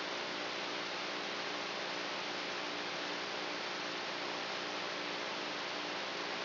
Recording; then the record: brain microelectrode recording played as sound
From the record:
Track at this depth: inside the subthalamic nucleus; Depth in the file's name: 2.804 mm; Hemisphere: right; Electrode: 3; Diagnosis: Parkinson's disease